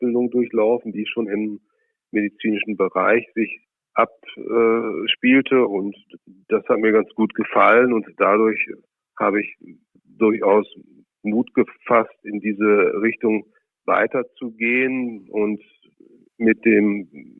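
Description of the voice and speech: An adult man, a chief physician who has stuttered since childhood, speaks German at a low pitch in short phrases broken by frequent pauses. Several sounds are stretched out, and one word is split by a held stop before it continues. These are mild stuttering prolongations and a brief block within otherwise fluent speech, typical of his mild everyday stutter.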